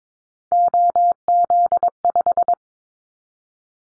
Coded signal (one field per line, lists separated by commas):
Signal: Morse code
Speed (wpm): 22 wpm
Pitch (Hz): 700 Hz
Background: none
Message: OZ5